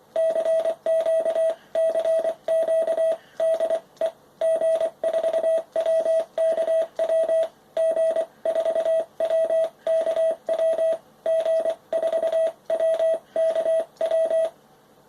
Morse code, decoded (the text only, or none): CQ CQ DE G4WKW G4WKW G4WKW